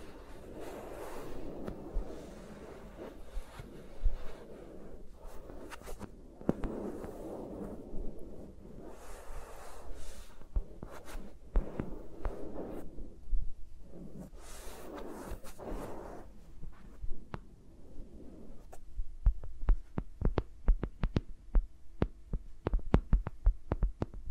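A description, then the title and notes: Fingers move over the microphones with no talking, making soft, muffled rubbing and brushing sounds that swell and fade in uneven waves for the first eighteen seconds. After that the rubbing thins out into a quick run of sharp taps and clicks that continues to the end. ASMR with Mics Around My Fingers (No Talking).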